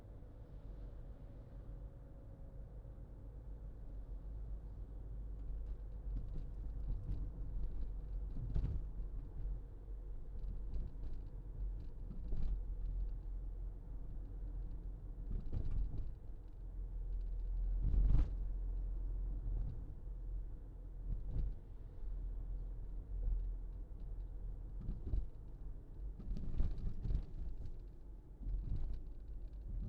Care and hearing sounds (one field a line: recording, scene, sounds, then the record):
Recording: everyday scene through a hearing-aid microphone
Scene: in a vehicle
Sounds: engine, rumble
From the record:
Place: Berlingo II, diesel engine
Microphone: in the ear canal, left